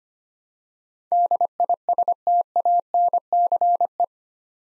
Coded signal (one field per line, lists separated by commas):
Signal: Morse code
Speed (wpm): 25 wpm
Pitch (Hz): 700 Hz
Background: none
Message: DISTANCE